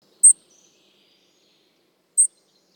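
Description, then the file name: European robin giving two short, thin, very high-pitched call notes about two seconds apart, with silence in between. "Erithacus rubecula"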